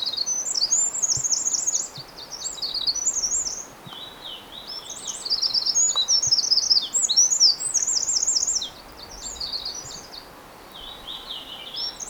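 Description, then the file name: Eurasian wren pouring out rapid, high trilling phrases in several bursts, the chattering notes loud and shrill with quieter gaps between them. "Troglodytes troglodytes"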